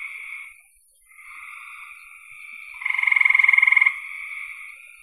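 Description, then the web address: Frogs calling; a steady rasping trill chorus, then one loud pulsed trill of about a second near the end. "cn frogs"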